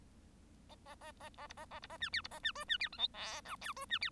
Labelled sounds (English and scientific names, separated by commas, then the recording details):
Bengalese Finch (Lonchura striata domestica) song
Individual Bird1